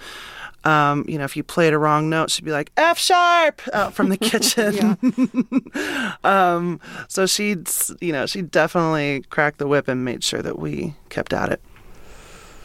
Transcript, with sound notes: And, you know, if you played a wrong note, she'd be like, F sharp, from the kitchen (laughter). So she'd, you know, she'd definitely crack the whip and made sure that we kept at it.